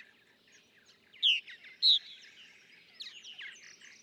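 Purple martin song: soft scratchy chatter broken by two loud, sharp squeaky notes, then quieter gurgles.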